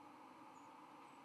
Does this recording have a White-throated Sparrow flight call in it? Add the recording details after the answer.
no. Another species' flight call is heard. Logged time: 09:25 on 31 October 2014